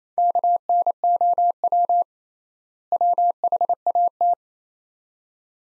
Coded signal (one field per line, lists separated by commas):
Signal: Morse code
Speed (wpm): 28 wpm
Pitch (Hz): 700 Hz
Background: none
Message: KNOW WHAT